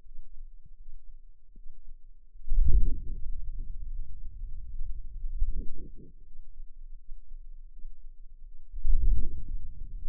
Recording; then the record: forearm muscle sounds (acoustic myography)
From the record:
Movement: wrist extension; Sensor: system 2, bracelet of six BSWA MPA416 microphones around the upper forearm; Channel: 5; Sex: female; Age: 23 years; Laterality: right